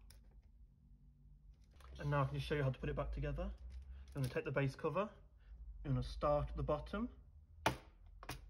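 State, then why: Seated. Someone talks while the plastic base cover of a Lenovo ThinkPad T14 Gen 2 laptop is fitted back on, its bottom edge pushed into the chassis. Two sharp clicks follow at 7.7 s and 8.2 s as the bottom edge of the base cover seats in the chassis.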